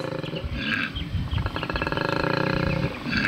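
A koala bellows in deep, rasping grunts that build into a fast, steady pulsing rhythm, loud and rough like a snoring roar, with no voices over it.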